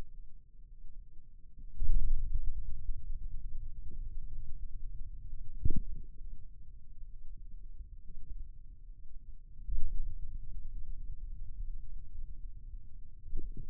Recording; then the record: forearm muscle sounds (acoustic myography)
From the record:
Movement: ulnar deviation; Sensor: system 2, bracelet of six BSWA MPA416 microphones around the upper forearm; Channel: 6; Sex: male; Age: 22 years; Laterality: right